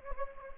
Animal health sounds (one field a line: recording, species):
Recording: mosquito wingbeat signal from an infrared sensor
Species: Anopheles gambiae